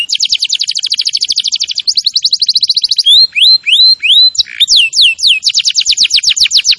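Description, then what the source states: Canary song with fast high trills followed by slower rising whistled notes and quick downward sweeps, then another rapid trill, all loud and continuous. Canary singing vigorously (gacor).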